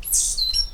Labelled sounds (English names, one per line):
Stitchbird song